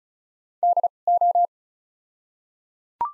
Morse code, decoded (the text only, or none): D O